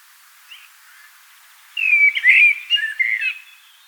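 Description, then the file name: Common blackbird singing one rich, mellow whistled phrase of several fluty notes, sliding up and down. "Turdus merula"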